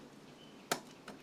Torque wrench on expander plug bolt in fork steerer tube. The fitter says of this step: when you're torquing this you're going to hear click and that's when you know that it's